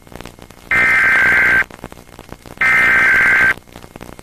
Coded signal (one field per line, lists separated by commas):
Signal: Emergency Alert System (SAME) tones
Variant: header bursts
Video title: NJN PTV Kids EAS (Aug. 26, 1998)